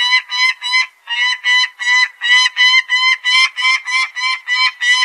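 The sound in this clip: Peregrine falcon calling in a rapid chain of rasping, harmonic 'kek' notes, with one short pause early on before the series resumes.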